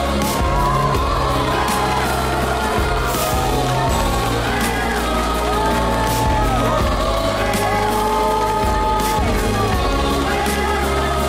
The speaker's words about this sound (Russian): окружающие аплодируют.